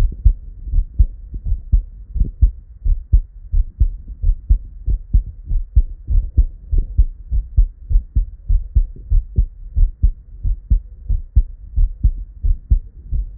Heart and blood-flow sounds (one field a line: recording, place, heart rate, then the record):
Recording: heart sounds by stethoscope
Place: Erb's point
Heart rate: 105 bpm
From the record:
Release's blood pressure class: normal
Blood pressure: 112/73 mmHg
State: at rest